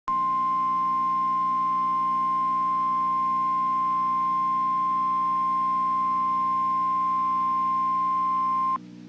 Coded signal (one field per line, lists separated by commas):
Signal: Emergency Alert System (SAME) tones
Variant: 1050 Hz attention tone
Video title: Severe Thunderstorm Warning (EAS #28)